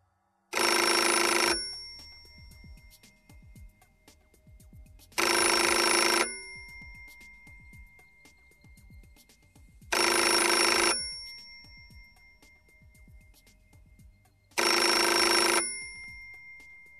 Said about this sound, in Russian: Телефон настойчиво звонил, и Алексей Владимирович, досадливо чертыхнувшись, побежал к столу.